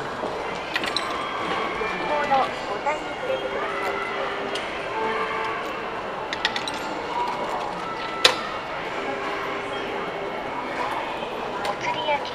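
Inside a Tokaido Line local train between Minami-Odaka and Nagoya, voices murmur over a steady low rumble. Several brief tonal lines come and go, likely speech or announcements. Sharp clicks and knocks punctuate the ride, the loudest just after eight seconds.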